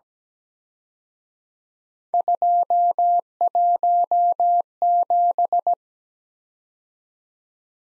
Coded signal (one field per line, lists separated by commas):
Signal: Morse code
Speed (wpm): 20 wpm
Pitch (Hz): 700 Hz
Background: none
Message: 217